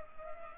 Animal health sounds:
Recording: mosquito wingbeat signal from an infrared sensor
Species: Culex pipiens

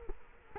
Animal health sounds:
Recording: mosquito wingbeat signal from an infrared sensor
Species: Culex quinquefasciatus

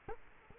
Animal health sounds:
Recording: mosquito wingbeat signal from an infrared sensor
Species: Culex quinquefasciatus

